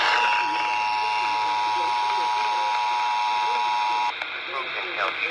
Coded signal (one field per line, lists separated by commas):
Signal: Emergency Alert System (SAME) tones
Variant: 853 and 960 Hz attention tone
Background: speech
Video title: Child Abduction Emergency(1-6-2021) EAS #25